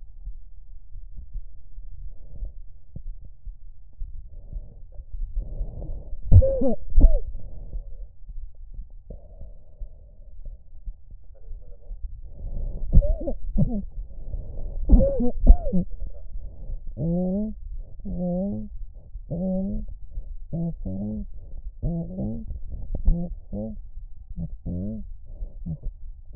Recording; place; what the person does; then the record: lung sounds by stethoscope; right anterior apical chest; quiet breathing, then cough and speech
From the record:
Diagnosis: COPD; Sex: female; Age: 68 years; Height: 150 cm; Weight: 70 kg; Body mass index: 31.1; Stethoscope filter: extended mode